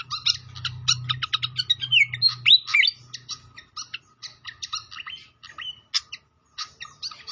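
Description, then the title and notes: Pied fantail song: quick bursts of high chirps and slurred whistles, then spaced clicking notes with short pauses, and a soft low hum early on. Masteran training recording of a clear-voiced bird, mixed with the sound of trickling flowing water. "Masteran Sikatan Kipas Suara Jernih Dan Suara Gemericik Air. Suara Burung Sikatan Londo"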